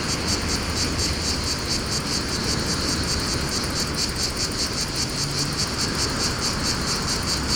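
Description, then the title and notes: Cicadas throb in a quick, regular buzzing rhythm amid gusty wind, with a brief low engine hum from traffic. Cicadas in a pine wood at Fontvieille, France, during mistral wind, some traffic; two Shure BG 4.0 microphones, DIY windshield, Tascam DA-P1 DAT recorder, excerpt from CD-R copy. "Fontvieille, France - Mistral et cigales. Le Mistral dans la pinède les cigales et insectes au sol , quelques bruits de circulation"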